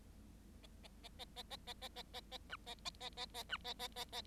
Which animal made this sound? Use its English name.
Bengalese Finch